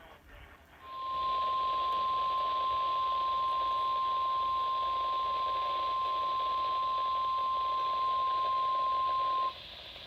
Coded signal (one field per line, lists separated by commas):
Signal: Emergency Alert System (SAME) tones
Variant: 1050 Hz attention tone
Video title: My 100th video EAS#385 -395 from 11/29/20 - 12-2-20